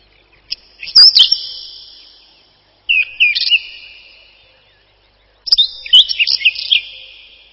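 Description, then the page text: Whinchat singing three brief phrases, each mixing hard ticks with rapid twisting whistles, separated by pauses of roughly two seconds. "Луговой чекан — Saxicola rubetra"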